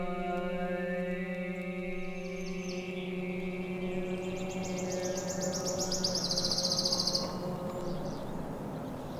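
Wood Warbler song: a run of high notes speeding into a shivering trill, over a steady, humming low drone.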